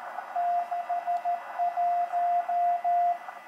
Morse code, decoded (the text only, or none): 61